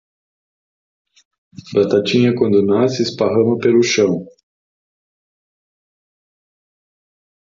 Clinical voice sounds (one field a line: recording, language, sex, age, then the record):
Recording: short text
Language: Brazilian Portuguese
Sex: male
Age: 50 to 59 years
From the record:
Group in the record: control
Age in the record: 58 years